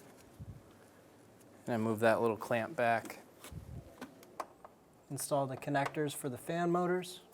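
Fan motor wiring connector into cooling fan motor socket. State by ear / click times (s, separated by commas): not seated / none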